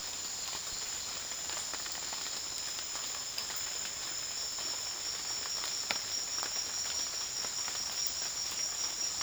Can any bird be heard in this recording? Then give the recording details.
no. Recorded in dense forest near Puerto Asís, Putumayo, Colombia, on 19 June 2025 at 17:00. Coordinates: 0.466, -76.327. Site GP04